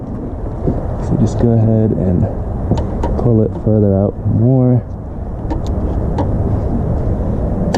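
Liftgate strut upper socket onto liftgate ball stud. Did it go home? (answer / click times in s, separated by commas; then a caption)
yes / 7.8 s. The upper socket of a liftgate lift support strut on a 2012 Chrysler Town and Country is pulled out and pressed onto the liftgate's upper ball stud while someone talks over a steady low hum. It snaps on with a sharp click at 7.8 s, and the strut is locked in place.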